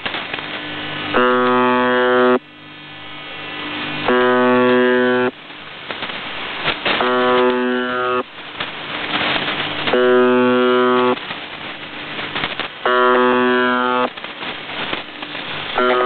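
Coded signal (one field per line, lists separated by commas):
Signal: channel marker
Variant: UVB-76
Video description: The Buzzer sends this interrupted buzzing signal pretty much 24 hours a day, occasionally stopping the buzz to include voice messages.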